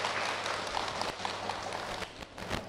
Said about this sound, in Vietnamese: Và trên bàn hôm nay xin được trân trọng giới thiệu thượng tọa giảng sư đạo hiệu Thích Minh Thành. Chúng ta cho một tràng pháo tay thật lớn.